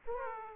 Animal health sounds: mosquito wingbeat signal from an infrared sensor; Aedes aegypti

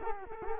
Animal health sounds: mosquito wingbeat signal from an infrared sensor; Culex quinquefasciatus

